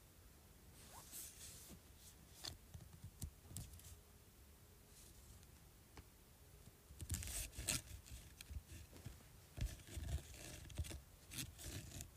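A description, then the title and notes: Dry scratching on a speaker in irregular bursts, sparse at first and then busier and louder after about seven seconds, over a low rumble. ASMR Scratching Speaker.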